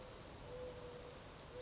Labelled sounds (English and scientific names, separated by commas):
Mourning Dove (Zenaida macroura)